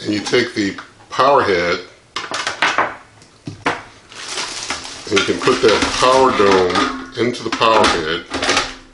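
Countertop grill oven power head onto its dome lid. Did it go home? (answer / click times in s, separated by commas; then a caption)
no / none. Someone talks while handling the power head of a NuWave Primo Combo Grill Oven, a countertop grill oven, bringing it to its plastic cooking dome lid, which twist-locks into the head. Short knocks and clatters of the parts are heard around 2.2 to 2.8 s and at 3.7 s amid the speech. The head has not yet seated or locked onto the dome by the end of the clip.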